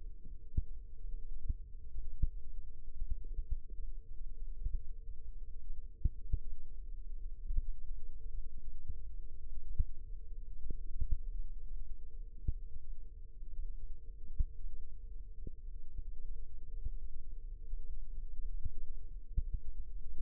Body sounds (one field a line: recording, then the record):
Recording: forearm muscle sounds (acoustic myography)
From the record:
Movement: rest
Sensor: system 1, eight BSWA MPA416 microphones around the upper forearm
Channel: 6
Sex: male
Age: 18 years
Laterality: right